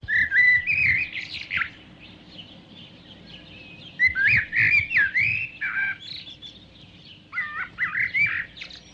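Bird chirping in bursts of quick, varied whistled notes, sliding up and down, in three clusters separated by pauses.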